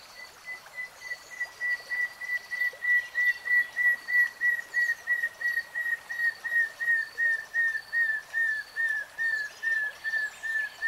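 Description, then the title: Nightingale song: a long, steady series of short whistled notes repeated several times a second, slightly falling in pitch. Nightingale singing, from a three-hour real-time recording. "[Tiếng chim hót] Nightingale Singing"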